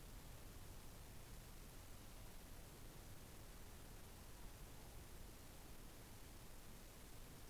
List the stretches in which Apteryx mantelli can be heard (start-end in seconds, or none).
none